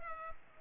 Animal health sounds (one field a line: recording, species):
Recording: mosquito wingbeat signal from an infrared sensor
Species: Culex pipiens